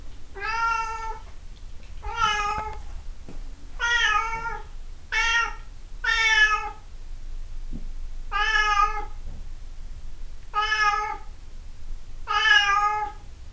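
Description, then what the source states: Cat meowing in a run of eight meows, some short and some drawn out, with faint clicks and a low hum between calls. 26 April 2008.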